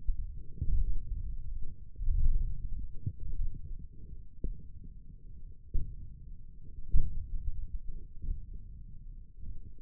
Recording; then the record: forearm muscle sounds (acoustic myography)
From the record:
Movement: ulnar deviation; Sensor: system 1, eight BSWA MPA416 microphones around the upper forearm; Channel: 3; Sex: male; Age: 20 years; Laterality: left